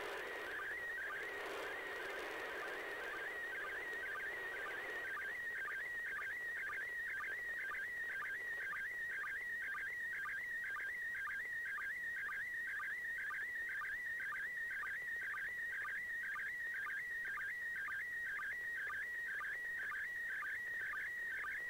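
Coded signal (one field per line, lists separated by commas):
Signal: SSTV (slow-scan television)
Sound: warbling whistling tone around 2 kHz with a regular low blip about twice a second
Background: radio static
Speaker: I'm gonna play a play basically a sound from that I captured from the ISS pass over doing that slow scan TV and I've got the mm SS TV software runnin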